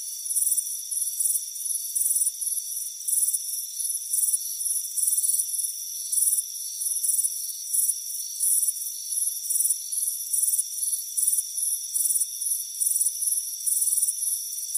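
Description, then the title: Cricket chirps come as short, bright pulses in an uneven series, layered over a constant high ringing tone. Chirping crickets on a warm afternoon, heard from a front porch. "Soothing Crickets Chirping Sound"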